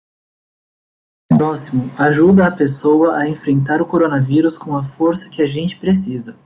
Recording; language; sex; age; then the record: spoken sentence; Brazilian Portuguese; male; 20 to 29 years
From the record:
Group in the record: control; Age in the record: 27 years